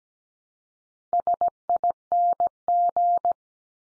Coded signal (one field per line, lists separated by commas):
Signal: Morse code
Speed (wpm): 17 wpm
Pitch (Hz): 700 Hz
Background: none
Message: SING